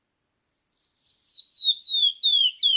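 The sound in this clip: Canyon wren song: a series of bright, downslurred whistles, each a little lower than the last and evenly spaced, cut off mid-phrase.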